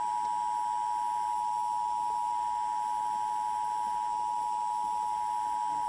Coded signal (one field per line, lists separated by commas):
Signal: Emergency Alert System (SAME) tones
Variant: 853 and 960 Hz attention tone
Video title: EAS 1722 Grand Rapids RWT